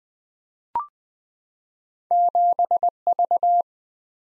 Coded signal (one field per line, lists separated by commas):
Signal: Morse code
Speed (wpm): 20 wpm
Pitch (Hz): 700 Hz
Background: none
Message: 7V